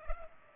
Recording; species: mosquito wingbeat signal from an infrared sensor; Culex pipiens